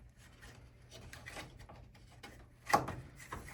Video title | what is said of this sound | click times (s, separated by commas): DIY - How To Change Home Humidifier Water Panel | You can kind of feel it click into place. | 2.7 s